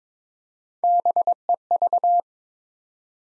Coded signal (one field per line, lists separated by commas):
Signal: Morse code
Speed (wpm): 22 wpm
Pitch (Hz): 700 Hz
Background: none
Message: BEV